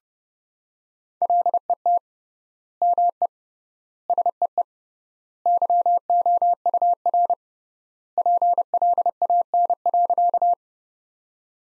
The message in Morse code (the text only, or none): LET ME SEE YOUR PLAN.